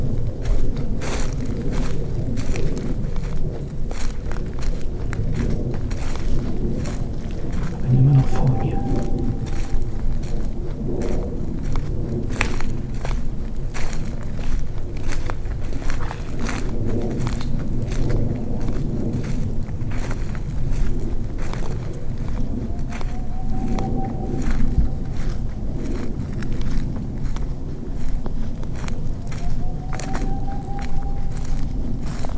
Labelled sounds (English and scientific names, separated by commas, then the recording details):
Boreal Owl (Aegolius funereus)
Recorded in the wild
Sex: male
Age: adult
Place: Altsorgefeld, NSG Rochauer Heide, Brandenburg, DE
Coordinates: 51.7819, 13.5408
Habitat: wood
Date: 2007-02-19 18:45
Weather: 3-4 °C, windstill
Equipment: Sound Devices 702, Sennheiser MKH 70, Windkorb
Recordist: Frommolt, Karl-Heinz
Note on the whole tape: Rufreihe aus Quartal 37. Tier ruft nördlich der zweiten Linie. Am Beginn vermutlich Erregungsruf. Nähere mich dem Tier an. Fast ständig Schritte während der Aufnahme. Kurze Abschnitte sehr gut. Entfernung minimal ca. 100 m. Aufnahme um 20 dB verstärkt